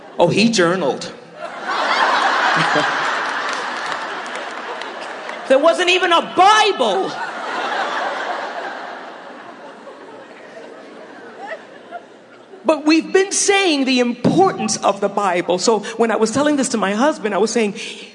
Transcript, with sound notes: “Oh, he journaled!” There wasn’t even a Bible! (laughter) But we’ve been saying the importance of the Bible, so when I was telling this to my husband I was saying,